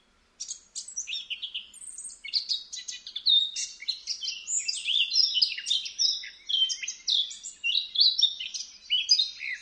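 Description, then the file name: Eurasian blackcap song: after a short silence, a steady, hurried warble of mixed scratchy and clear high notes runs on continuously, varying in pitch. "Sylvia atricapilla"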